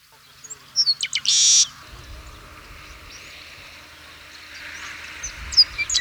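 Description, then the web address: Peruvian meadowlark song: one short phrase of high whistles and a buzzy burst, then quiet hiss with low rumble and faint high notes. Ecuador. "S America Birds of Ecuador. Peruvian Meadowlark"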